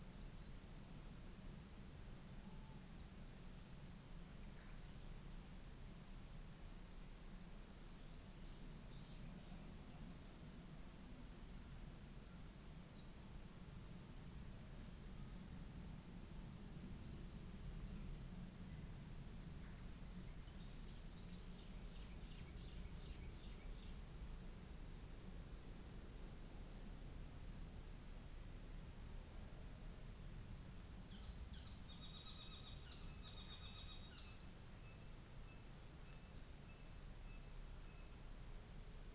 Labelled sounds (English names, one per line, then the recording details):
North Island Saddleback
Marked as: faintness 3/5, faintness 5/5
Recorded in New Zealand on 24 December 2018
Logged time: 14:45